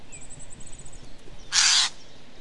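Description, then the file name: Eurasian jay giving one short, harsh, rasping screech, preceded by a faint series of thin high notes. "Garrulus glandarius"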